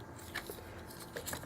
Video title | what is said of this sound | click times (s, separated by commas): MP-14+ Red Alert KO | chest doesn't latch in entirely correctly to his torso | 1.2 s